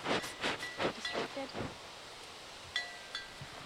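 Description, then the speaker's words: Goat rubbing against a tree: a run of coarse scraping, rustling strokes for under two seconds, then quieter. Goat scratching itself against a tree while grazing invasive plants such as privet, honeysuckle and ivy at Hot Springs National Park; part of a five-week grazing trial. "was a goat rubbing against a tree, scratching itself."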